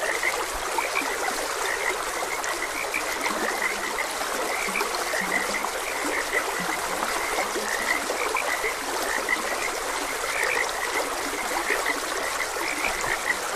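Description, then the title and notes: Frogs croaking in a steady overlapping chorus, short bright notes repeating over a constant rush of flowing stream water. Frogs croaking beside a gentle stream. "Gentle Stream and Frogs Croaking. Sleep and Relaxation Podcast"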